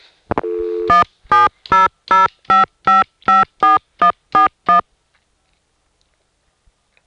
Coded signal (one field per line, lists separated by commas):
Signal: DTMF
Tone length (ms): 160 ms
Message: 17005554141